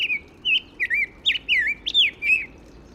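Black-headed grosbeak singing short warbled phrases of rising and falling whistled notes, with brief gaps between phrases, over faint background hiss.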